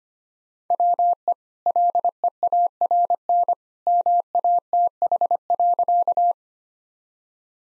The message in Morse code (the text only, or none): WE LEARN MATH.